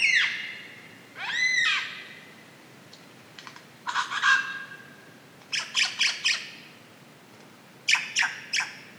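Lyrebird calls: two harsh, harmonic squawks, then clusters of short, buzzy notes repeated in quick bursts, with quiet gaps between.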